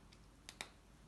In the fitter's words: hear it click